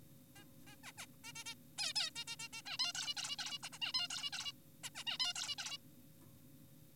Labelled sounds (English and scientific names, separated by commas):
Zebra Finch (Taeniopygia guttata)